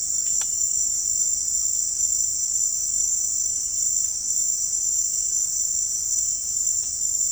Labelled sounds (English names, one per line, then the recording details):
none
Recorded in pastures near Puerto Asís, Putumayo, Colombia, on 21 March 2025 at 17:30
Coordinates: 0.502, -76.324
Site GP07